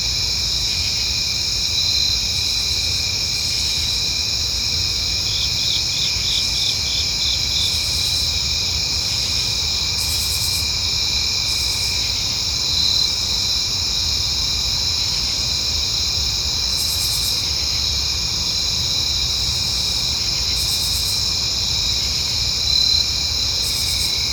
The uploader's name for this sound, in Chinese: 美国费吉尼亚州丛林的夜晚